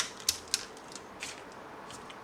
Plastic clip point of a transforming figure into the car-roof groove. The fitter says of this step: 扣成这个样子，这个就算变形到位了。